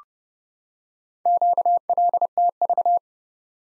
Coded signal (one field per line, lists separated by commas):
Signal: Morse code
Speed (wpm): 30 wpm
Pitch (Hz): 700 Hz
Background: none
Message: QLTV